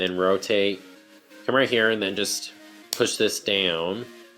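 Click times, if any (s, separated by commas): none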